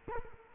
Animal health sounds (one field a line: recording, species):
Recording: mosquito wingbeat signal from an infrared sensor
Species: Culex quinquefasciatus